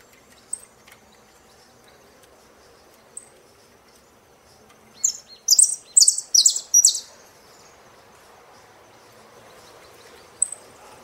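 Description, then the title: Saffron finch song: quiet background with occasional thin notes, interrupted by a short, loud burst of rapid high chirps. "Jilguero Argentino"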